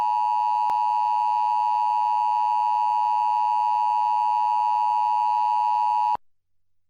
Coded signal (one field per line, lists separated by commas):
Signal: Emergency Alert System (SAME) tones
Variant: 853 and 960 Hz attention tone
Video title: EAS #459-460: 2 EAS Required Monthly Tests- Feb. 5, 2021- 12:15AM PST